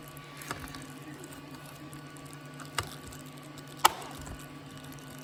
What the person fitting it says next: It just pops loose,